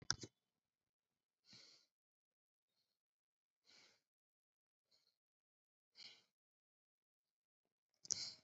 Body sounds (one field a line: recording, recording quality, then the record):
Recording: deep breathing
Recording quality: excellent, no background noise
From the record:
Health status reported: COVID-19 positive, mild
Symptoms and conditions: cough, fever, fatigue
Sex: male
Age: 62 years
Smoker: not ticked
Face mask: not worn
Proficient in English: yes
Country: India